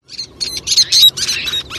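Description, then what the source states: Least Tern calls: high, harsh squeaky notes given in quick chattering bursts, some louder and sharper, with little other sound behind them. Threatened beach-nesting species that nests in the Florida sand.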